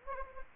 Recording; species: mosquito wingbeat signal from an infrared sensor; Anopheles gambiae